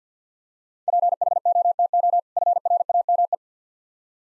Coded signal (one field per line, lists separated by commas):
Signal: Morse code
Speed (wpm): 53 wpm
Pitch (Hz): 700 Hz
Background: none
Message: PHOTO FRAME